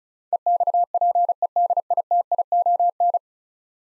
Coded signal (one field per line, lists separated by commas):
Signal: Morse code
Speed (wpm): 36 wpm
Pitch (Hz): 700 Hz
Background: none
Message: EXPEDITION